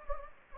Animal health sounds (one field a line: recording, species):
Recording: mosquito wingbeat signal from an infrared sensor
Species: Anopheles gambiae